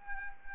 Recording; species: mosquito wingbeat signal from an infrared sensor; Anopheles arabiensis